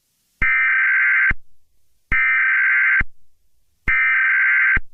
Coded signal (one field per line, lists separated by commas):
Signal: Emergency Alert System (SAME) tones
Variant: header bursts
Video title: EAS Scenario #85: Stay Awake!!!!